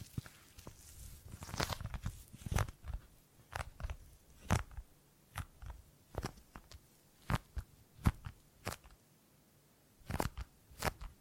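Gripping and grabbing sounds: a series of short, sharp crinkly rustles and crunches, like hands clutching at a dry material. The hits come irregularly, roughly once or twice a second, some sharper and brighter than others, with low soft thumps underneath and quiet gaps between.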